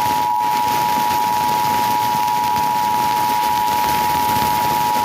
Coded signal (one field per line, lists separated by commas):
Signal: Emergency Alert System (SAME) tones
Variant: 853 and 960 Hz attention tone